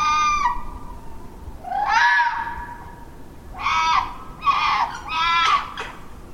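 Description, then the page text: Red fox calling: two drawn-out hoarse screams, then a run of three harsh, barking cries in the second half. Urban wild fox calling at midnight in Dún Laoghaire, Ireland. "PowersFlowers. Fox calls at midnight. #Fox #Wildlife #UrbanWildlife #Ireland #DunLaoghaire"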